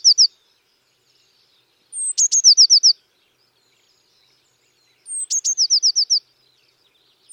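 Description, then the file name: Eurasian blue tit calling: a high thin note then a quick descending trill of six or so notes, repeated about every three seconds. "Cyanistes caeruleus"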